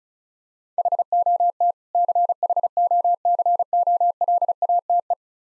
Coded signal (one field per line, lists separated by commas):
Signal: Morse code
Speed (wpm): 36 wpm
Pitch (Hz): 700 Hz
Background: none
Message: HOT CHOCOLATE